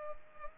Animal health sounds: mosquito wingbeat signal from an infrared sensor; Culex pipiens

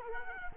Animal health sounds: mosquito wingbeat signal from an infrared sensor; Culex quinquefasciatus

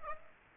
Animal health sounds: mosquito wingbeat signal from an infrared sensor; Aedes aegypti

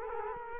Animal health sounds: mosquito wingbeat signal from an infrared sensor; Culex quinquefasciatus

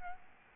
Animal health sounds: mosquito wingbeat signal from an infrared sensor; Aedes albopictus

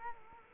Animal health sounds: mosquito wingbeat signal from an infrared sensor; Culex quinquefasciatus

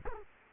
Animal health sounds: mosquito wingbeat signal from an infrared sensor; Culex quinquefasciatus

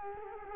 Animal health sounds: mosquito wingbeat signal from an infrared sensor; Culex quinquefasciatus

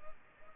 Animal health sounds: mosquito wingbeat signal from an infrared sensor; Culex pipiens

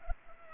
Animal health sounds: mosquito wingbeat signal from an infrared sensor; Culex pipiens

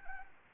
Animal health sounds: mosquito wingbeat signal from an infrared sensor; Anopheles arabiensis

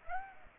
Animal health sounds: mosquito wingbeat signal from an infrared sensor; Aedes aegypti

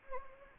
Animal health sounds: mosquito wingbeat signal from an infrared sensor; Anopheles gambiae

